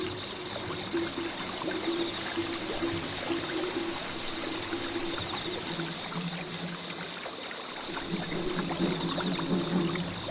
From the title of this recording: the sound of drums echoing on the small bridge and flowing water